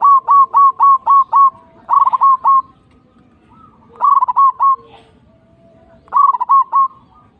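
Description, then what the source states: Zebra dove song, a long run of even staccato coos followed by quicker trilled groups, repeated in bursts with brief pauses and faint background chirps. Local zebra dove.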